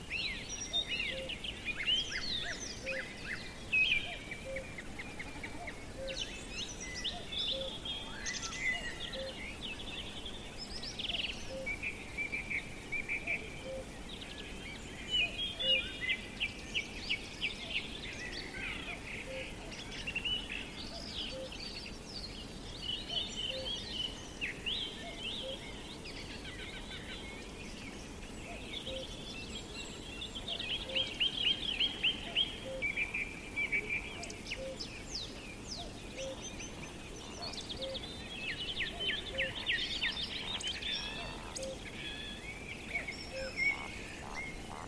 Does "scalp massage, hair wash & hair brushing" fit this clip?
no